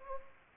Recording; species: mosquito wingbeat signal from an infrared sensor; Anopheles gambiae